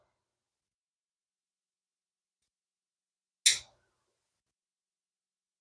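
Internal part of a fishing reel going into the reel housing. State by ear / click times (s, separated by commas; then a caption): not seated / none. While reassembling a vintage ABU Garcia Ambassadeur 5000 35th Anniversary Limited Edition baitcasting fishing reel, an internal part is pressed into the reel housing, giving a single brief, sharp bright hit at about 3.5 s amid otherwise near silence. The part has not popped into place, and nothing has seated or clicked yet, so the reel is to be taken back apart.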